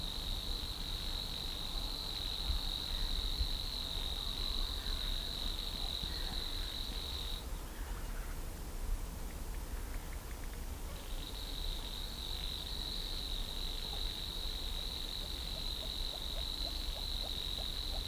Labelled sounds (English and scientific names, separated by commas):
Savi's Warbler (Locustella luscinioides) song